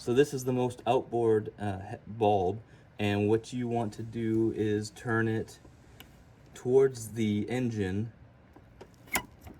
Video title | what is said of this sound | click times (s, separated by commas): I Can See Clearly Now! Upgrading the Low Beam Headlights on my Dodge Grand Caravan | about 90 degrees, and you heard it click, and then you can pull it out | 9.2 s